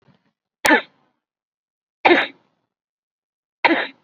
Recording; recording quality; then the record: shallow voluntary cough; excellent, no background noise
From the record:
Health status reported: COVID-19 positive, moderate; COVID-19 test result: positive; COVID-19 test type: RT-PCR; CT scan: not taken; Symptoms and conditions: cough, fatigue, muscle pain, pneumonia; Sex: female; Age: 68 years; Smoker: no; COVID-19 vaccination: none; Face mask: worn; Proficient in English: no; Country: India